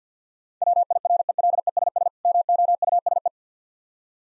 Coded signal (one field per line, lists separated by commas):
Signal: Morse code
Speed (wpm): 50 wpm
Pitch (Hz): 700 Hz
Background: none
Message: WIRELESS MOUSE